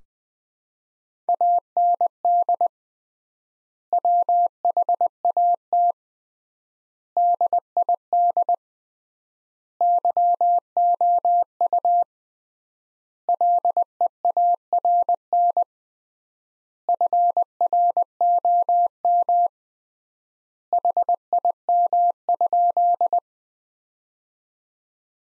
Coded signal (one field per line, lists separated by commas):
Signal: Morse code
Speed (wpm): 19 wpm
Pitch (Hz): 700 Hz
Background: none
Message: AND WHAT DID YOU LEARN FROM HIM?